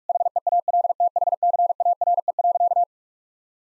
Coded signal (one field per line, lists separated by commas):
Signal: Morse code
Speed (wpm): 41 wpm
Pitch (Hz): 700 Hz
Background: none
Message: HEALTHCARE.